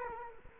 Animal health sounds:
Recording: mosquito wingbeat signal from an infrared sensor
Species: Culex quinquefasciatus

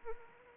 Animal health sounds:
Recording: mosquito wingbeat signal from an infrared sensor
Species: Anopheles arabiensis

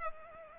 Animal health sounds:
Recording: mosquito wingbeat signal from an infrared sensor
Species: Culex pipiens

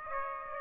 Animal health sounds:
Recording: mosquito wingbeat signal from an infrared sensor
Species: Aedes aegypti

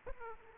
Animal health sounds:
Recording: mosquito wingbeat signal from an infrared sensor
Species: Aedes aegypti

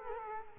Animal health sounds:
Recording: mosquito wingbeat signal from an infrared sensor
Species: Culex quinquefasciatus

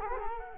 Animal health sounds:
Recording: mosquito wingbeat signal from an infrared sensor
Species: Culex quinquefasciatus

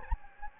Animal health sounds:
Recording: mosquito wingbeat signal from an infrared sensor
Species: Anopheles gambiae

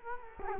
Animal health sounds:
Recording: mosquito wingbeat signal from an infrared sensor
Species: Culex quinquefasciatus

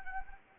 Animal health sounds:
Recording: mosquito wingbeat signal from an infrared sensor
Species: Anopheles gambiae

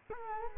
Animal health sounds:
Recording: mosquito wingbeat signal from an infrared sensor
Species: Culex quinquefasciatus

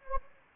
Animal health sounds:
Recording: mosquito wingbeat signal from an infrared sensor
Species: Anopheles gambiae

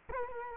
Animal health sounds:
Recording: mosquito wingbeat signal from an infrared sensor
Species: Culex quinquefasciatus

